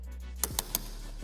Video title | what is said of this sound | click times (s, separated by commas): All-New Honda Civic Hybrid Handover | and you will hear like a ratcheting system so you can't over tighten it and you'll hear that just click click click | 0.4 s, 0.6 s, 0.8 s